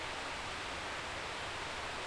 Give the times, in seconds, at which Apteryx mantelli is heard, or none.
none